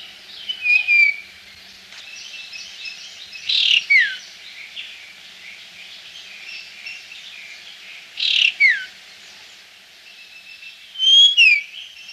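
Common Iora singing clear whistled phrases that slur downward, four phrases at irregular intervals of about three to five seconds, over a steady background hiss.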